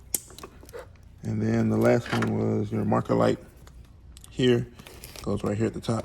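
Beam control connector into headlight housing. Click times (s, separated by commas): 0.2 s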